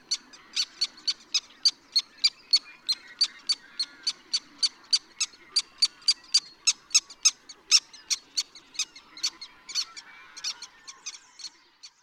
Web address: Black. Tern